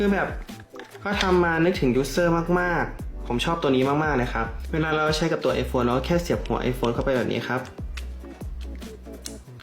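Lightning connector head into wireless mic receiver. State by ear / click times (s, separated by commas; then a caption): seated / 9.3 s. Someone talks over background music while pushing the iPhone Lightning connector head into a BOYALINK wireless microphone receiver. A sharp click at 9.3 s shows the head has seated fully in the receiver.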